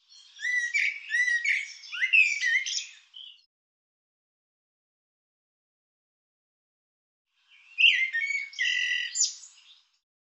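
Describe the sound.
Bird calling in two bursts of rapid, chattering, squeaky notes, the first about three seconds long, the second after a long silent pause, against a quiet background.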